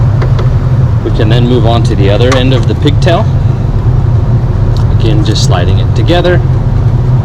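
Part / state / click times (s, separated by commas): pigtail connector into vehicle connector / not seated / none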